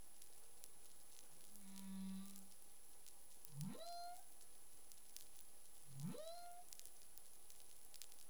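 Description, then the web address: Humpback whale song units: a low steady hum, then two sweeping upward whoops rising and levelling into a tonal note, over constant underwater hiss and clicks. Caribbean, recorded 25 February 2021 at 11:23 UTC. "CARIMAM. humpback whale 20210225 112328 UTC"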